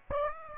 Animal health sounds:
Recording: mosquito wingbeat signal from an infrared sensor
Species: Aedes aegypti

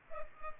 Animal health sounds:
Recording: mosquito wingbeat signal from an infrared sensor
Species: Culex pipiens

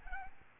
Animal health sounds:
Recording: mosquito wingbeat signal from an infrared sensor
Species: Aedes albopictus

